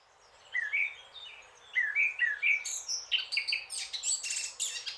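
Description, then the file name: Eurasian blackcap song: a few slurred, whistled notes, then a rapid run of higher, more complex phrases. "Sylvia atricapilla"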